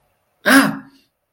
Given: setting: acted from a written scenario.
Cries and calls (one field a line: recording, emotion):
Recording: vocal sound without words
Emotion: pain